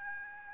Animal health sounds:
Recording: mosquito wingbeat signal from an infrared sensor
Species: Aedes albopictus

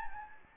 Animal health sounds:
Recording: mosquito wingbeat signal from an infrared sensor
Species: Anopheles gambiae

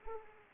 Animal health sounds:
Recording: mosquito wingbeat signal from an infrared sensor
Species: Anopheles arabiensis

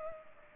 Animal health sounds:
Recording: mosquito wingbeat signal from an infrared sensor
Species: Culex pipiens

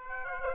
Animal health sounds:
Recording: mosquito wingbeat signal from an infrared sensor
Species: Aedes aegypti

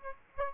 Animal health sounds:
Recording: mosquito wingbeat signal from an infrared sensor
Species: Aedes aegypti

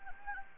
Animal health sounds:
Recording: mosquito wingbeat signal from an infrared sensor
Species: Anopheles gambiae

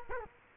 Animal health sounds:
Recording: mosquito wingbeat signal from an infrared sensor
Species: Culex quinquefasciatus

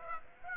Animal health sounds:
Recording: mosquito wingbeat signal from an infrared sensor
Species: Aedes aegypti

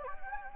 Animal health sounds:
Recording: mosquito wingbeat signal from an infrared sensor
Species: Anopheles gambiae

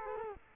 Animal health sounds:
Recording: mosquito wingbeat signal from an infrared sensor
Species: Culex quinquefasciatus

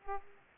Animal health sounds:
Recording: mosquito wingbeat signal from an infrared sensor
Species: Aedes aegypti

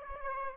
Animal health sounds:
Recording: mosquito wingbeat signal from an infrared sensor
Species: Aedes aegypti

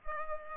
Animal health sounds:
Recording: mosquito wingbeat signal from an infrared sensor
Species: Culex pipiens

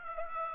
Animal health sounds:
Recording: mosquito wingbeat signal from an infrared sensor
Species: Aedes aegypti

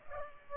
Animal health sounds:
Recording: mosquito wingbeat signal from an infrared sensor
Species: Culex pipiens

